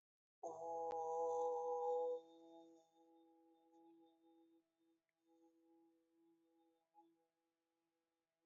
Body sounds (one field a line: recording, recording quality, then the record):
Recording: sustained vowel as in boot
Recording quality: excellent, no background noise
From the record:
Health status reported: healthy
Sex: male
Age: 22 years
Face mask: not worn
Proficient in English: yes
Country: India